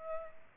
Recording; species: mosquito wingbeat signal from an infrared sensor; Aedes albopictus